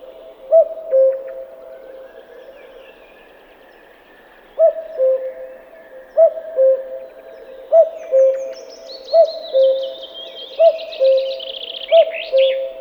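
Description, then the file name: Common cuckoo calling once, then after a pause repeating its falling two-note cu-koo in a steady series, while another small bird sings high behind. "Kukavica"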